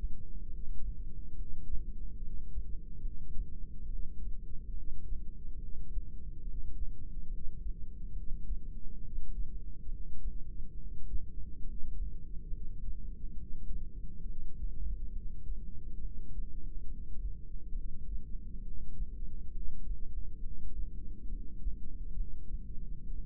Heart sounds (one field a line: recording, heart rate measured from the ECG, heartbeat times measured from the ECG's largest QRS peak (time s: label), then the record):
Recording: heart sounds by microphone in the right ear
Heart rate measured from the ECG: 69 bpm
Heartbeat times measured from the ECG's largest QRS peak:
0.46 s: heartbeat
1.32 s: heartbeat
2.16 s: heartbeat
2.99 s: heartbeat
3.84 s: heartbeat
4.69 s: heartbeat
5.55 s: heartbeat
6.40 s: heartbeat
7.25 s: heartbeat
8.10 s: heartbeat
8.97 s: heartbeat
9.85 s: heartbeat
10.73 s: heartbeat
11.60 s: heartbeat
12.46 s: heartbeat
13.33 s: heartbeat
14.21 s: heartbeat
15.08 s: heartbeat
15.97 s: heartbeat
16.84 s: heartbeat
17.70 s: heartbeat
18.59 s: heartbeat
19.48 s: heartbeat
20.37 s: heartbeat
21.25 s: heartbeat
22.12 s: heartbeat
23.00 s: heartbeat
From the record:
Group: heart failure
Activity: rest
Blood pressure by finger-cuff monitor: 112/80 mmHg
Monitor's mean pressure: 93 mmHg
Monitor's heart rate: 70 bpm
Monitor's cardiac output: 7 L/min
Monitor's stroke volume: 100 mL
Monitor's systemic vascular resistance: 990 dyn s/cm5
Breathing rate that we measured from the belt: 12 breaths a minute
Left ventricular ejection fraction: 25%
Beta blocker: metoprolol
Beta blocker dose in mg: 62.5 twice daily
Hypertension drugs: ramipril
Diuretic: furosemide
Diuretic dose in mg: 40 twice daily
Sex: male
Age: 57 years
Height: 180 cm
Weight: 90.5 kg